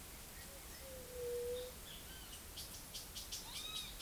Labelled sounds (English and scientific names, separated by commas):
White-tipped Dove (Leptotila verreauxi), Great Kiskadee (Pitangus sulphuratus)